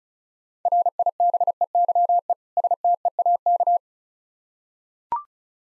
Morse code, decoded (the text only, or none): RIBEYE STEAK